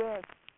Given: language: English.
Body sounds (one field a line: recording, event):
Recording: throat vibration sensor signal played as sound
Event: speech